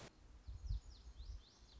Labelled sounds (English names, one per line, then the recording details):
Lazuli Bunting
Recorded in Sonoma County, California